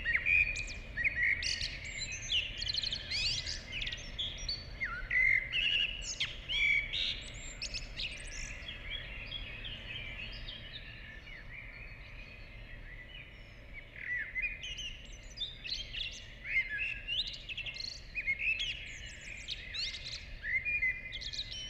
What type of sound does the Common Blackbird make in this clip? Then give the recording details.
song. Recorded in the wild. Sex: male. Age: adult. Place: Villach, Kärnten, AT. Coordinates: 46.6, 13.85. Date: 1969-05-22. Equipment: Uher 4000, Philips Mikrofon Type EL 6020. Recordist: Brunner, Thomas. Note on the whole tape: Auf dem Hof von Thomas Brunners Haus in Villach aufgenommen